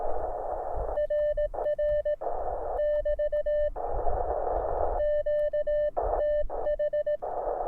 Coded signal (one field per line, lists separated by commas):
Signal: Morse code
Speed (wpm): 18 wpm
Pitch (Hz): 600 Hz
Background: radio noise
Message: RR <BT> QTH